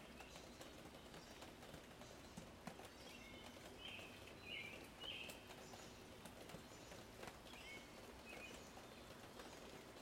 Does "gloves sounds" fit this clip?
no